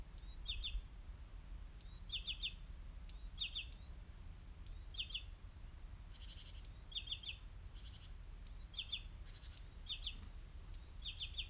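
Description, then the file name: Great tit calls: repeated short bursts of high, thin notes dropping into a few quick chips, given steadily throughout with brief gaps. "Parus major"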